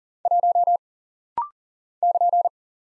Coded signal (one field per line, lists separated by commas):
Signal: Morse code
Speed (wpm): 40 wpm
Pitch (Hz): 700 Hz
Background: none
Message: 1 <KN>